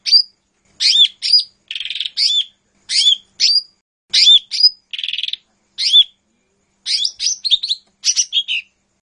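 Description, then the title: Bird song of short bright whistled phrases mixed with rasping buzzy bursts, given in quick, spaced bursts. "SuaraBurung Kicau"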